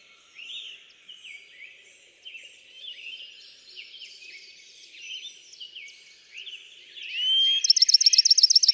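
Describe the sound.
Bachman's sparrow song: a plain whistled note and a quick, bright trill at the very end, after several seconds of soft, mixed bird chatter.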